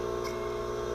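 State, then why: Not seated. A low-profile portable two-post car lift is raised under power, with its steel safety lock on a post riding toward its notch. A steady motor hum with a strong tone near 400 Hz holds at an even level throughout, with only a faint brief brightening around 0.25 s. Nothing has seated or clicked yet; the lock has not dropped home, and the two sides are meant to lock slightly out of step.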